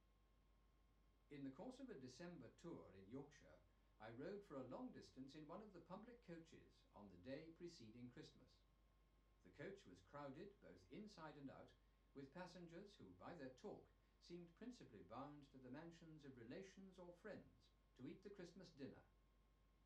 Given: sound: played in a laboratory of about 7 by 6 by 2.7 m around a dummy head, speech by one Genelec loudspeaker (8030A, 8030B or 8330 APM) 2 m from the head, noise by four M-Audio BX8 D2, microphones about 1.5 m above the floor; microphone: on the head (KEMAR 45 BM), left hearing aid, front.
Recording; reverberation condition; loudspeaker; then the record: male speech in English; low; 150 degrees to the right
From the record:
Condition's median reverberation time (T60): about 310 ms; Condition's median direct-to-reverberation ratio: about 3.5 dB